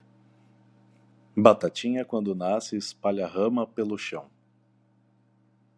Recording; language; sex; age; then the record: short text; Brazilian Portuguese; male; 30 to 39 years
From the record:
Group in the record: control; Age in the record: 35 years